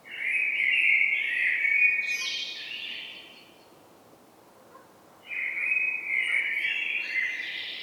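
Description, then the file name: Common blackbird song: two mellow fluted phrases with a squeaky, higher twitter at the end of the first, separated by a quiet pause of about two seconds. "Turdus merula"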